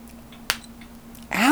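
A single sharp, brief pop from an adult man's joint, heard as an audible crack.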